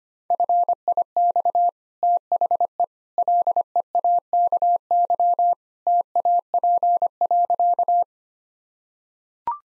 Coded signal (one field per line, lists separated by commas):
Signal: Morse code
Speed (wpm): 25 wpm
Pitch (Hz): 700 Hz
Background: none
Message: FIX THE LEAKY TAP.